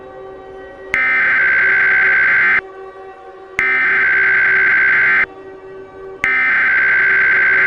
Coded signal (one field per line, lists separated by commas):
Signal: Emergency Alert System (SAME) tones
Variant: header bursts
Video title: EAS Scenario 1: The Big Orlando Riot of 2022!